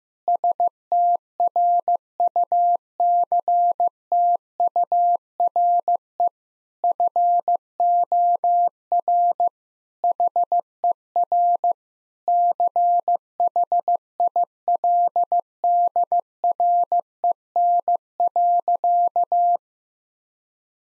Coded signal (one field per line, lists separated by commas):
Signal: Morse code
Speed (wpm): 15 wpm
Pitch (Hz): 700 Hz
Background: none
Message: STRUCTURE FOR HER CHILDREN.